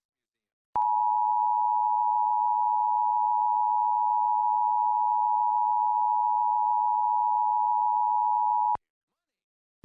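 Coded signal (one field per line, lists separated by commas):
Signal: Emergency Alert System (SAME) tones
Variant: 853 and 960 Hz attention tone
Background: speech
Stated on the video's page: Oklahoma required monthly test received from television subchannels and an HD radio station, recorded with a Tablo Quad tuner.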